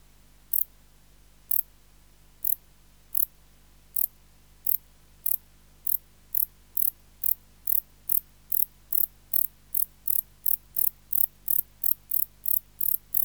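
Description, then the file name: Wart-biter song: short, dry, high-pitched clicks repeated at first about once a second, then speeding up steadily into a quicker ticking series. "Decticus verrucivorus"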